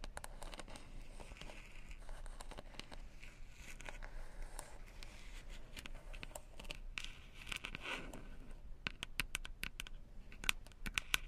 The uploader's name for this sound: Headphone Tapping & Massage Rollers